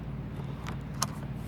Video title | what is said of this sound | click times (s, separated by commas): 2016 Ford F-150 XLT Sport SuperCrew 2.7L | each section locks in place | 1.0 s